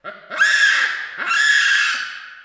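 Baboon calling: two loud, harsh, harmonic screams, each rising sharply then holding for most of a second, the second starting just past the first second.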